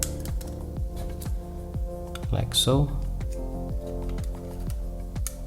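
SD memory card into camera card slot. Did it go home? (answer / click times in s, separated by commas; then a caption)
yes / 5.3 s. A plastic SD memory card is pushed into the card slot of a Canon EOS R50 camera until it latches, with a sharp click at 5.3 s. Someone talks over background music, and fainter ticks are heard earlier in the clip. The card is seated in the slot.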